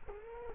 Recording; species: mosquito wingbeat signal from an infrared sensor; Culex quinquefasciatus